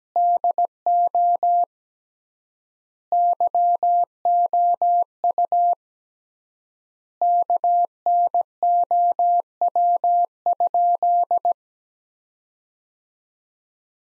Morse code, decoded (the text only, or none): DO YOU KNOW?